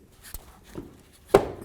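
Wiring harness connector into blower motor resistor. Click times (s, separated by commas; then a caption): 1.3 s. A wiring harness plug is pushed onto a new blower motor resistor on a 1999-2007 Ford F250, with a faint tap at 0.3 s before a sharp click at 1.4 s. The connector is seated and locked in, and the plug is then tugged to check that it holds.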